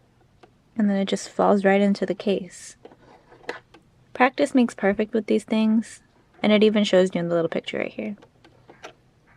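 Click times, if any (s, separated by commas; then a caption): none. A bobbin is dropped into a sewing machine's bobbin case and threaded through the groove, and someone talks throughout. A few faint handling taps are heard between the speech. The plastic bobbin cover plate has not yet been closed, and nothing has seated or clicked yet.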